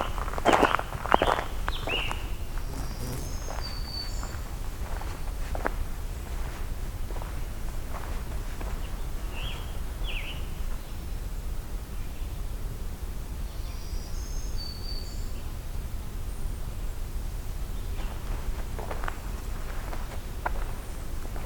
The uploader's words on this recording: Hector Falls Forestry Road, Part 1 (Black-throated Blue Warbler). I’ve been driving along the forest road near Hector’s Falls to find some new habitat niches, listening for more songs and sounds.